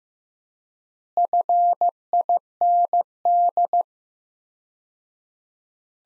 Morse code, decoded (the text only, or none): FIND